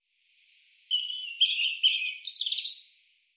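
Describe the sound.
European robin singing a high sweet phrase: a thin opening note, then tumbling warbles and short trills in several bursts, on a quiet, clean background.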